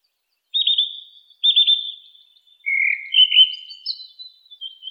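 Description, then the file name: Song thrush song: two similar high whistled phrases, then a lower trilled phrase rising into bright twittering notes, with short pauses and a quiet background. "suara-kicauan-burung-song-thrush -omkicau"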